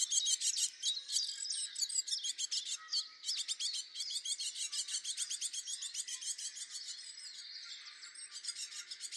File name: Parus major